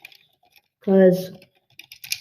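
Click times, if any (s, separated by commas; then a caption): 2.1 s. A robot cable plug is pushed into motor port A on a second try after no click was heard the first time. Someone talks briefly, then light taps and rattles lead up to a sharp click at 2.1 s as the plug seats home.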